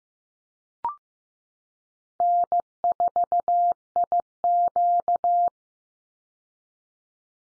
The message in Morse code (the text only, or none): N4IQ